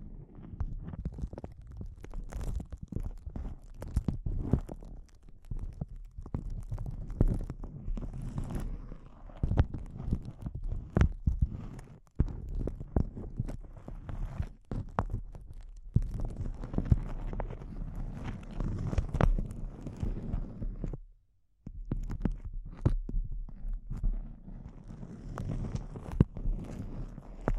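Intense close-up crinkles, dense bursts of crackling and snapping over a heavy low rumble, with brief pauses around twelve and twenty-one seconds.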